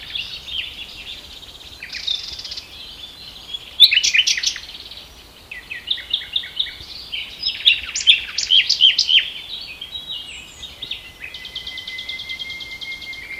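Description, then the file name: Common nightingale song of shifting phrases, including rapid trills, sharp high notes and a long even whistle at the end, with hiss in the background. "Luscinia megarhynchos"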